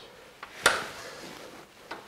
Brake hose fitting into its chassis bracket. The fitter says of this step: Setzen wir den hier rein, bis er eingerastet ist, und nehmen unsere Klammer.